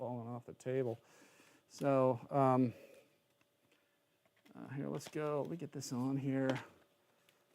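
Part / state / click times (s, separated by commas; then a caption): plastic clip-on part into its mount on a foam RC airplane / seated / 7.3 s. Someone talks while sliding a plastic clip-on part onto its mount on a foam FMS PA-18 1300 mm RC model airplane during assembly. A short click at 7.3 s marks the part snapping into place. The part is seated, and a pull test confirms it has popped down in place.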